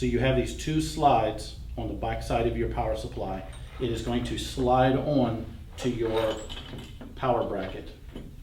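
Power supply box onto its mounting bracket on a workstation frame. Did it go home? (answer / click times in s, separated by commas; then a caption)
no / none. A power supply box with two slides on its back is handled at the power bracket of a sewing workstation frame while someone talks. Nothing has seated or clicked yet.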